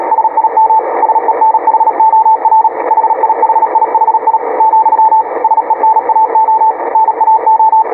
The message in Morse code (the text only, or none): SIM SENHOR HIHIHI , SENAO NAO